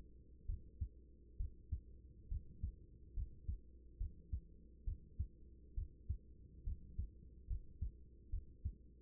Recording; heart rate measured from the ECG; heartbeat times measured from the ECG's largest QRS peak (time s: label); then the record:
heart sounds by stethoscope; 69 bpm
0.46 s: heartbeat
1.37 s: heartbeat
2.28 s: heartbeat
3.14 s: heartbeat
3.97 s: heartbeat
4.84 s: heartbeat
5.74 s: heartbeat
6.63 s: heartbeat
7.47 s: heartbeat
8.30 s: heartbeat
From the record:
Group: healthy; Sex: female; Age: 24 years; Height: 163 cm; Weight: 55.7 kg